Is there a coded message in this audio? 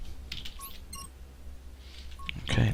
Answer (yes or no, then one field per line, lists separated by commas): no